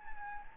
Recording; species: mosquito wingbeat signal from an infrared sensor; Anopheles gambiae